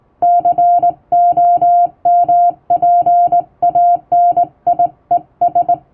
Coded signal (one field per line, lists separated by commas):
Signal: Morse code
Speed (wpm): 20 wpm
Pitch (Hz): 700 Hz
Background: music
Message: COMPANIES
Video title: 毎日聴いてモールスラーニング！アマチュア無線ハムの受信練習用に綺麗な手打ちで平文の欧文モールス信号を叩いてみました。YouTubeの再生速度を調整して聴こう(morse code learning)